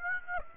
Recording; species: mosquito wingbeat signal from an infrared sensor; Aedes aegypti